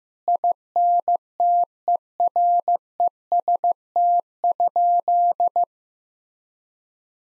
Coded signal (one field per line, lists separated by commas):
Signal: Morse code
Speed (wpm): 16 wpm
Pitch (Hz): 700 Hz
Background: none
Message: INTEREST?